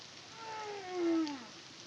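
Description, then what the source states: Humpback whale song unit: a loud, smooth moan that slowly sinks and then falls away at the end, with faint higher overtones and steady background hiss. Recorded in the Caribbean in 2023 by the CARIMAM project.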